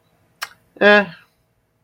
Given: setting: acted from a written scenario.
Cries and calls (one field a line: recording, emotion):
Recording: vocal sound without words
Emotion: neutral